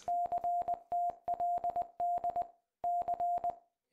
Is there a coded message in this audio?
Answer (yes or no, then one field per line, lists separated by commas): yes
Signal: Morse code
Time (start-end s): 0.1-3.5 s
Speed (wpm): 20 wpm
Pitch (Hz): 700 Hz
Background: music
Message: CTLD C